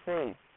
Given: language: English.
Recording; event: throat vibration sensor signal played as sound; speech